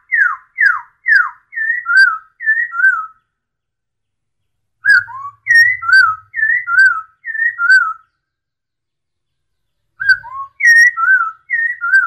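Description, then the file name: Masked laughingthrush singing three steeply falling whistled slurs, then bursts of alternating two-note whistles, each phrase returning after a few seconds of silence, with faint low rumbling. Song given during a dance display. "suara tarian poksay hongkong"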